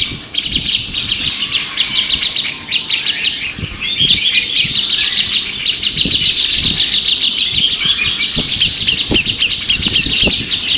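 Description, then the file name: Grey-cheeked Bulbul: overlapping songbirds give dense, bright chattering song throughout, with faint low knocks in the background. Three birds in a simulated songbird contest. "audio simulasi lomba cucak jenggot trio omkicau"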